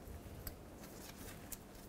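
A wiring harness connector is plugged onto a new rear ABS wheel speed sensor on a 2008-2010 Ford F-250. A single sharp click is heard at 0.5 s over a quiet background, with a second brief tick near 1.5 s. The connector clicks in and is seated.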